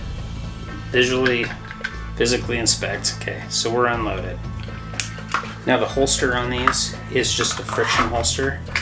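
Someone talks while handling an unloaded pistol near a plastic friction holster, with brief sharp handling sounds around 5.0 s and 5.3 s. The pistol has not yet snapped into the holster, and nothing has seated or clicked yet.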